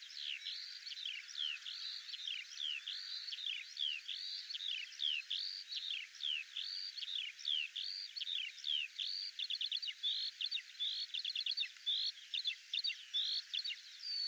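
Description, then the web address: Bird singing a dense, almost continuous stream of high sweeping chirps and slurred whistles. "birddata Deverinetal 2025 Bird"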